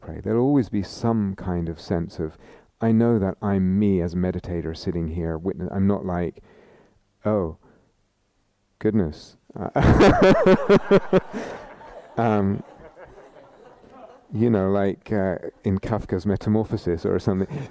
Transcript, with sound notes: There will always be some kind of sense of, "I know that I'm me, as a meditator, sitting here witnessing." I'm not like, "Oh, goodness." [laughter] Like in Kafka's Metamorphosis or something.